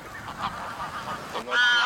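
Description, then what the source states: Greylag goose honks, muffled overlapping calls from several birds, then a louder, clearer nasal honk in the final half second. Flock of greylag geese, described as a noisy gathering.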